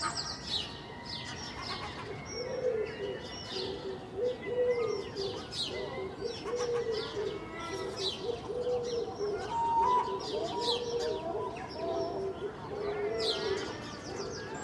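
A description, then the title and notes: Seagulls call again and again through the whole stretch, with sharp bright cries and squeals stacked over a steady low cooing band. Other birds chirp and tweet in between. A faint continuous rumble of the sea sits underneath, and it never lets up. Early morning recording I made in Filey last April (2023) from a second storey window using Clippy microphones and a Roland R-07. There are many other birds and the faint rumble of the sea in this recording too!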